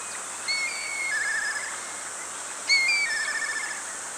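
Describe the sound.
Bird calls: two similar phrases of clear, high whistled notes, each stepping down in pitch, about two seconds apart, over a steady high-pitched background hiss.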